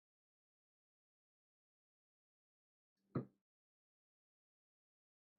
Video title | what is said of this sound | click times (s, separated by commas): HTVRONT Auto Heat Press Unboxing & First Impressions | all right so something I like already this drawer has a really solid click | 3.2 s